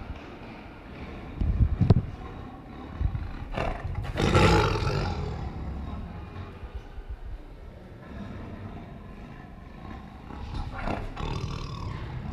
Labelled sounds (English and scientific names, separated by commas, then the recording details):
Tiger (Panthera tigris) growling
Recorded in captivity
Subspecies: sumatrae
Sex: female
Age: adult
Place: Tierpark Berlin, Berlin, DE
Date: 1965-01-31 13:45
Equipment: Telefunken Magnetophon 300, Sennheiser MD 421, Transistorverstärker
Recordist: Tembrock, Günter
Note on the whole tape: Sumatratiger, Abwehrdrohen des Weibchens gegen Beobachter, Vorstoßlaute jeweils durch Abwenden und Fortgehen ausgelöst. Abstand 2-6 m